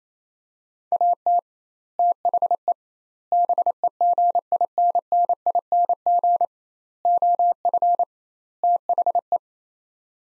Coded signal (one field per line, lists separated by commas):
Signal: Morse code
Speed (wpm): 28 wpm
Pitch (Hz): 700 Hz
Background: none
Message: AT THE BEGINNING OF THE